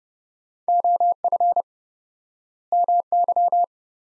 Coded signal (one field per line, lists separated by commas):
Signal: Morse code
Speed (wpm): 30 wpm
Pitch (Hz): 700 Hz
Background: none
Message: OF MY